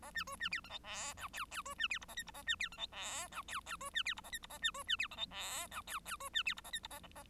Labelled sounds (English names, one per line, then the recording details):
Bengalese Finch song
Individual Bird1